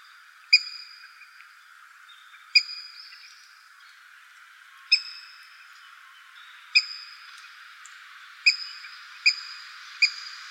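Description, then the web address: Water rail sharp calls: abrupt, high, clicking notes given singly at irregular intervals, seven in all, with a thin hiss between them. Recorded on 16 January 2015. "birdenaga kuina 150116"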